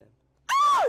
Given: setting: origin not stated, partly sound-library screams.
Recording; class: one-second piece from a danger detection set; woman in danger